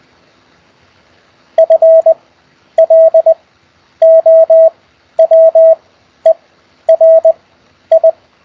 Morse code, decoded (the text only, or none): FLOWER I